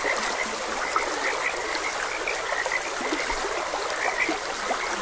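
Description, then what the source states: Frog calls, short and repeated, over a steadily flowing stream. Frogs croaking beside a gentle stream.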